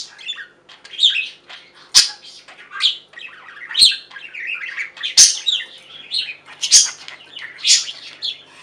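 Budgerigar warbling chatter, a jumble of squeaky chirps and rasping notes with sharp clicks about every one to two seconds.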